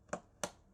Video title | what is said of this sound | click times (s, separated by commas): Testing Used PC Parts - Did I Get Ripped Off? | 2. 2 clicks. | 0.4 s